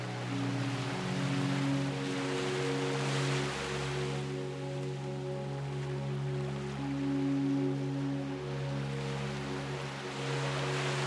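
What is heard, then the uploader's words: Ocean waves wash in with a soft, steady hiss that swells around the third second and again near the end. Beneath them, sustained low piano chords ring and shift slowly, holding long tones that change about every few seconds, calm. Calm Ocean Waves. Ocean waves coming to shore while a repeating piano and peaceful chords lull you to sleep.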